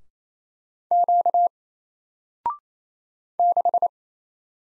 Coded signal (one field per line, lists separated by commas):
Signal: Morse code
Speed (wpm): 27 wpm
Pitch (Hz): 700 Hz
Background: none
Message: Q 6